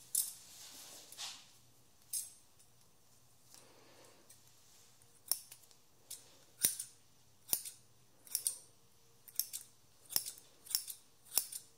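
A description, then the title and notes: Scissors snip through hair in quick, bright bursts, sparse at first and then falling into a fairly regular rhythm after about five seconds, roughly once a second. A few sharp metallic clicks stand out among the snips. A faint low hum runs underneath, with no talking. Haircut Real Hair and No Talking.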